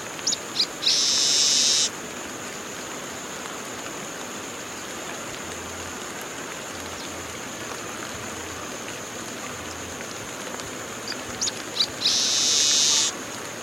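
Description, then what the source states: Red-breasted blackbird song: a few short clicks, then a harsh, buzzy, hissing burst about a second long, given twice, over a steady high insect whine. Recorded in the eastern lowlands of South America.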